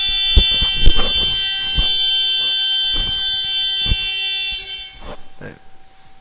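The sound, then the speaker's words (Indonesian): A steady, harsh horn-like buzzer, a klaxon caught on a class recording, drones on for about five seconds, its stacked tones holding flat, while scattered knocks and some talk break through before it cuts off. “Ini yang dapat rekamannya nanti dapat klakson semua.”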